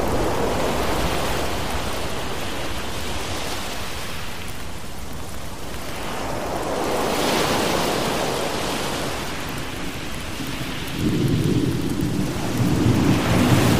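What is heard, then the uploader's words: Rain falls in a dense, steady hiss through a thunderstorm, with a deep rumble underneath that swells and eases in slow waves, peaking around seven seconds. Near the end the low rumbling grows heavier and rougher, like rolling thunder building. Thunderstorm Rain Sounds With Ocean Waves.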